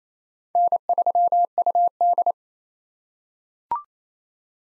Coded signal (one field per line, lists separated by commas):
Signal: Morse code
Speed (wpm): 28 wpm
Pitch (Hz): 700 Hz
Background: none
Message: N3UD